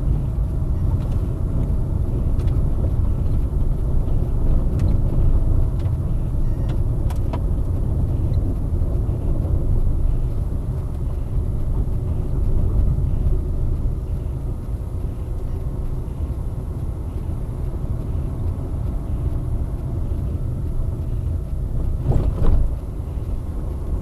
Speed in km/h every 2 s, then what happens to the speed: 28, 30, 28, 28, 26, 25, 26, 26, 27, 30, 28, 27.
0-24 steady at about 27.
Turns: none.